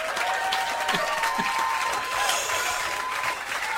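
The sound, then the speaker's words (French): Steady audience applause on the Belgian Geek Show as a contestant wins their first game: a dense, continuous clatter of many hands clapping at an even loudness, with a faint tonal hum running underneath and no distinct voices. “Applaudissements pour cette somme.”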